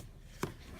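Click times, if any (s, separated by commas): 0.4 s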